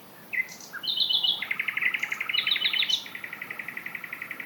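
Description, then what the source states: Common Nightingale song: a long, rapid, rattling run of mid-pitched notes beneath brief higher repeated phrases and short whistles. Two males singing at night about 150 metres away in scrubland at Knepp; the right bird copies the left's phrases for a few bars, then each sings its own jazz-style song.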